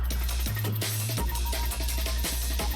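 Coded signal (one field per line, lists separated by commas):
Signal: none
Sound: music beat sounds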